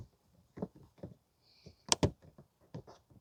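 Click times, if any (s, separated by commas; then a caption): none. Plastic retainer of the 12 V power outlet socket on a 2015 Toyota Sienna AWD 3.5 V6 being pushed repeatedly into its dash panel opening, making a series of soft plastic knocks and rubs with two sharper knocks at about 1.9 and 2.0 s. The retainer does not lock into place, likely because the plastic is worn out; nothing has clicked or seated yet.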